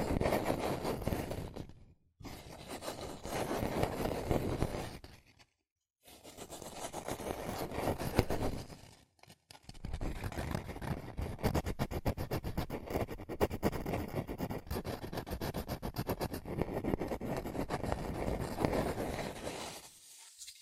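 Fast tapping, scratching and tracing on cardboard and paper, a dense, steady rasp of quick strokes. Brief silences break it near 2 and 5.5 seconds and again around 9 seconds, then a long unbroken stretch of rapid scratching runs to the end.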